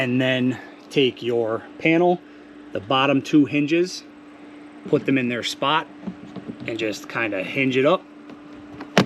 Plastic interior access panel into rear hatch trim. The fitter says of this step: and it'll click right back in all right repeat the process on the other side and your reverse bulbs